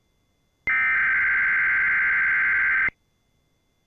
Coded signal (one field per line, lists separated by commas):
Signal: Emergency Alert System (SAME) tones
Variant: header bursts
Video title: EAS 2669: Tennessee Amber Alert